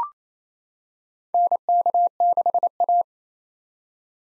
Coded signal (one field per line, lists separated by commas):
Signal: Morse code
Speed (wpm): 28 wpm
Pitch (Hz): 700 Hz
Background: none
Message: NK6A